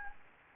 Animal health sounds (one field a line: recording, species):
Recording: mosquito wingbeat signal from an infrared sensor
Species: Anopheles gambiae